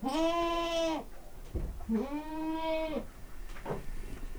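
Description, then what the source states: Domestic goat bleating: two drawn-out, quavering bleats about two seconds apart, with a dull thump between them. Domestic goat recorded in a farmyard with a stable atmosphere.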